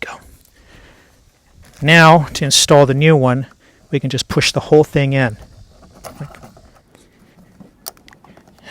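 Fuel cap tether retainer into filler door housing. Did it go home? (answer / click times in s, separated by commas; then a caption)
yes / 7.9 s. Someone talks while the plastic tether retainer of a new fuel cap on a 2012–2022 GM vehicle (Chevrolet Cruze, Sonic, Spark, Trax) is pushed into its hole in the filler door housing by the filler neck. A few faint taps follow, then a sharp click at 7.9 s as the retainer snaps and locks into place.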